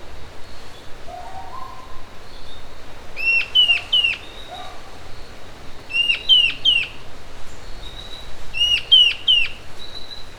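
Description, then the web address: Bird calls in three evenly spaced groups of three short, sharp, slightly falling notes, with faint lower calls from another bird in the background. "BIRD SABIOD bird"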